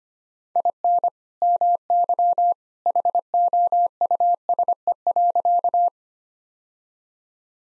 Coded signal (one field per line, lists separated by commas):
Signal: Morse code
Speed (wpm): 25 wpm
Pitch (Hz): 700 Hz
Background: none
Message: IN MY HOUSE.